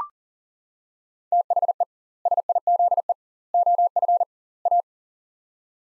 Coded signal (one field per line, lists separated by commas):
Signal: Morse code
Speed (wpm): 40 wpm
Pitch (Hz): 700 Hz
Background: none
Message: THE SIZE OF A